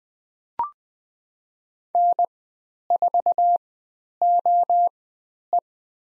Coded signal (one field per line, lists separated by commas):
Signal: Morse code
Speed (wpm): 20 wpm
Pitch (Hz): 700 Hz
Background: none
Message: N4OE